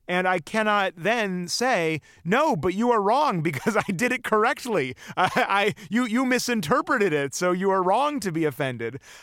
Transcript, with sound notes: And I cannot then say, no, but you are wrong because I did it correctly (laughter). You misinterpreted it, so you are wrong to be offended.